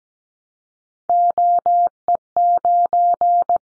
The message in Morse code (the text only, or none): OE9